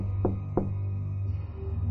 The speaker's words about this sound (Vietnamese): thì bỗng dưng tôi nghe ở ngoài cửa toilet có tiếng gõ cửa. Ờ, ai đó?